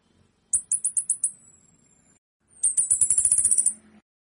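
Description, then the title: Orange-headed thrush giving sharp, high ticking notes in a quick burst of about six, then a longer rapid run of clicking ticks. Female giving clear, distinct ticking 'nritik' calls; masteran training recording. "Suara anis kembang betina nritik jernih dan jelas"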